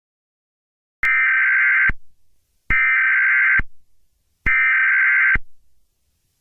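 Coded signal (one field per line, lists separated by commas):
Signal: Emergency Alert System (SAME) tones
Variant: header bursts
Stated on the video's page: Fictional analog horror EAS scenario, not a real alert.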